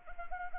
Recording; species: mosquito wingbeat signal from an infrared sensor; Anopheles arabiensis